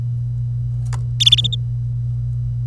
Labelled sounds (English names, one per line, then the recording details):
Domestic Canary song
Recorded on 25 April 2018 at 09:37
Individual llb3